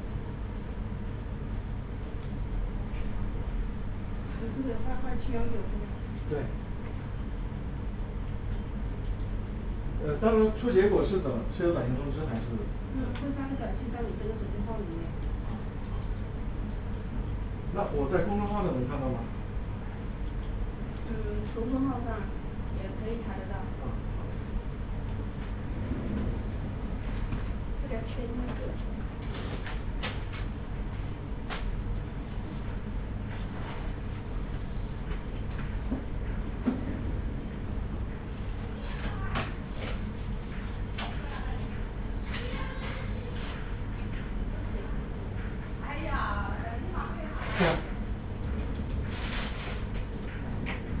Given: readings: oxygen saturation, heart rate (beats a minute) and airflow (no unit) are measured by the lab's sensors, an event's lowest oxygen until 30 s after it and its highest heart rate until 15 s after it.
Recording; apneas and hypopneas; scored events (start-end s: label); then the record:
a person awake in a sleep study, by a smartphone at the bedside; none
0.00-51.00 s: awake
0.00-51.00 s: awake
From the record:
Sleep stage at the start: awake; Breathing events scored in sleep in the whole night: 210 in 6.9 hours asleep